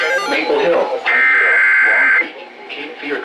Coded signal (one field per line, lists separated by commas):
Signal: Emergency Alert System (SAME) tones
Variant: header bursts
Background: speech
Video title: An Interesting Series of Events.. EAS Alerts from 3/16/26 (EAS #1,362-#1,400)